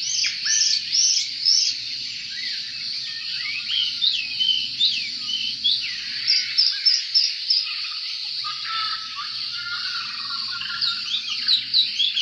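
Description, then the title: Oriental magpie-robin song, a dense run of sweet whistles and quick chattering notes, with a steady high insect-like hum underneath. "Kicau Kacer"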